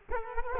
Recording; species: mosquito wingbeat signal from an infrared sensor; Culex quinquefasciatus